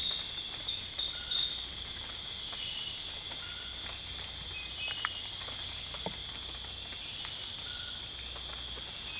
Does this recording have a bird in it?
no